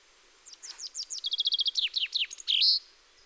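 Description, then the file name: Common chaffinch song: a descending series of sharp chips speeding into an even trill, then a few dropping notes ending in a brief buzzy flourish. "Fringilla coelebs"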